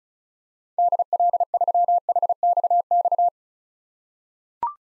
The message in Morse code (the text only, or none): DL3HXX